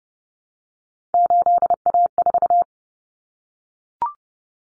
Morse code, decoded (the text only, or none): 8A4